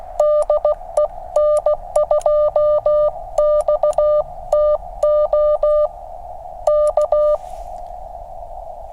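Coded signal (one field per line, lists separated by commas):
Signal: Morse code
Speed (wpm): 16 wpm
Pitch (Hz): 590 Hz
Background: none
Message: DE N2XTO K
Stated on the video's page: Park activation on 40 meters at 5°F with a QCX mini and an end-fed half-wave antenna.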